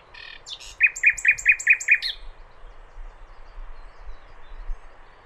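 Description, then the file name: Common nightingale song: a brief buzzy opening, then six loud, evenly spaced whistled notes in a quick series, followed by quiet. "Luscinia megarhynchos"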